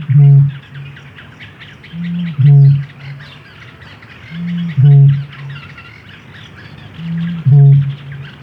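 Bittern's deep, foghorn-like booms, most preceded by a short inhaled note, repeated four times roughly every two and a half seconds over faint birdsong.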